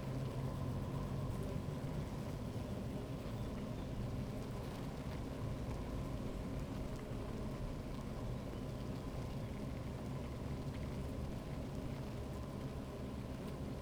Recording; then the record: honeybee colony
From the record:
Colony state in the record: active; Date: 28 July 2017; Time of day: 15:04